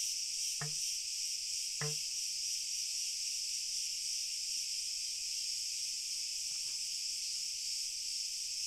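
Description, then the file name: Cricket chorus: continuous shrill high trilling, with two brief knocking sounds near the start and a faint tick later. Several crickets. "Schlag Ton Grillen"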